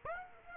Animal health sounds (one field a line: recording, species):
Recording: mosquito wingbeat signal from an infrared sensor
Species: Aedes aegypti